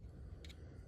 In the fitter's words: That click will lock it in place.